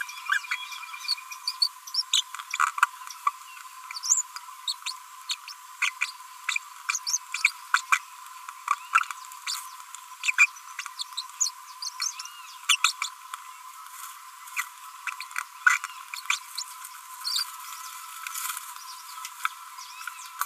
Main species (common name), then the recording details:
Green-rumped Parrotlet. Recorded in a nest box in Venezuela. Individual 18B25A5